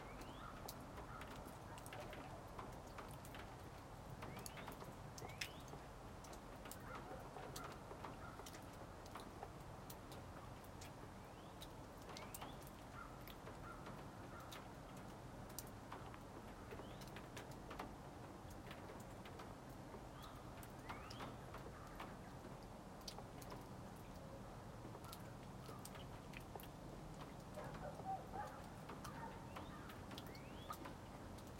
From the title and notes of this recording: Birds whistle and caw. Snow melts off the roof of a red cabin. Sparkling water droplets fall and make puddles of crystal on the snow covered ground.